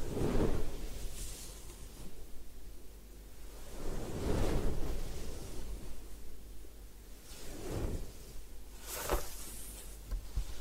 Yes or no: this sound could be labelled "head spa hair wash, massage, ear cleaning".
yes